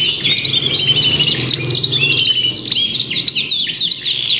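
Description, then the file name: Canaries singing together in a dense chorus of rapid, high, sweeping trills and chirps, overlapping continuously with a faint low hum beneath. Simulated canary singing contest with tutor songs mixed in as fill-in material for training birds. "audio simulasi lomba kenari isian. omkicau"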